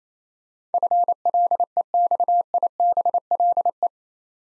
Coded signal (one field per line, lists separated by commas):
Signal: Morse code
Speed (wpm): 27 wpm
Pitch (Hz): 700 Hz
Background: none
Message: FLEXIBLE